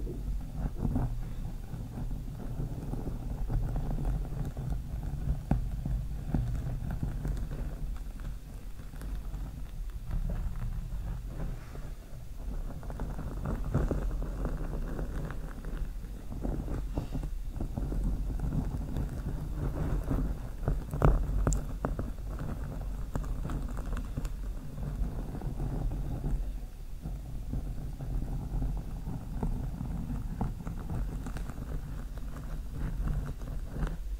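Slow scratching of long nails across a microphone, a heavy low rumble that stays steady for the whole stretch. Brief brighter scrapes and ticks break through now and then, with a sharper one near the twenty-one second mark.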